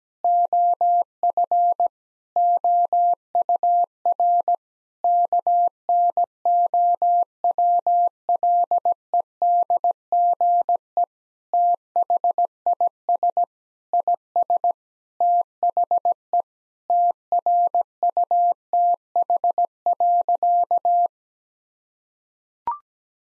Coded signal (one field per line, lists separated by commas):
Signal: Morse code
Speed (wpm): 17 wpm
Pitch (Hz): 700 Hz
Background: none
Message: OF OUR KNOWLEDGE THIS IS THE TRUTH.